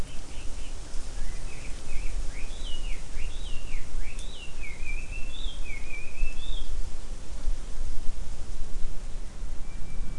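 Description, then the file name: Bird calls: a rapid series of whistled, slurred notes, some rising and some falling, running for about six seconds over steady low rumbling background noise. "mainly bird"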